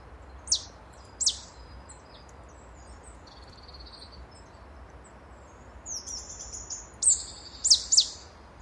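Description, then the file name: Marsh tit calls: sharp, high notes sliding steeply downward, given singly at irregular intervals, with brief buzzy, thin phrases between them and a faint background hiss. "Poecile palustris"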